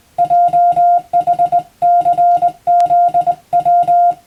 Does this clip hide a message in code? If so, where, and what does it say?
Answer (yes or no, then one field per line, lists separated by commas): yes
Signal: Morse code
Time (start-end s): 0.2-4.1 s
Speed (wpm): 20 wpm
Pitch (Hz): 700 Hz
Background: music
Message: JHCZW